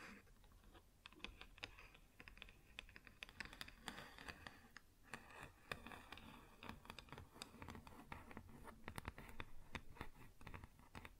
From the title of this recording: Wood Surface Tapping & Scratching